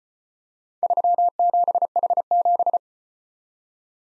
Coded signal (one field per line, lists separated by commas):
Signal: Morse code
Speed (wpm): 33 wpm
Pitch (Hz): 700 Hz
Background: none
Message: 37H7